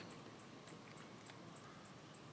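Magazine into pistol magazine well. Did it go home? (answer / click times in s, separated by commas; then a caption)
no / none. A magazine loaded with dummy rounds is inserted into a pistol's grip magazine well, deliberately left barely seated so it does not latch. Only a steady broadband hiss is heard, with a few faint, soft high-pitched ticks. Nothing has seated or clicked yet.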